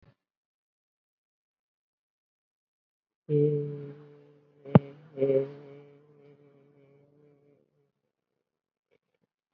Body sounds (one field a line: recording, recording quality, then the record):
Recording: sustained vowel as in made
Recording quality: excellent, no background noise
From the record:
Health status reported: COVID-19 positive, moderate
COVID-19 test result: positive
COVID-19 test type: RT-PCR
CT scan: not taken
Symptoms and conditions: breathing difficulty, fatigue, muscle pain, hypertension, diabetes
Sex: female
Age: 86 years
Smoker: no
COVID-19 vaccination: none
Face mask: worn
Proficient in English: no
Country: India